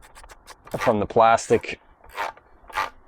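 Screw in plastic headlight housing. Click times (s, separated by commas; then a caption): 2.0 s, 2.4 s. A screw holding the metal unit of a motorcycle headlight is turned in its plastic housing boss, where the thread is already stripped, so it just spins without biting further while staying tight and secure. Someone talks, and small clicks are heard at 2.0 s and 2.4 s as the screw spins.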